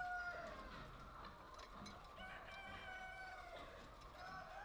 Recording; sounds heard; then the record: poultry house recording; healthy chickens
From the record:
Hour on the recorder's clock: 0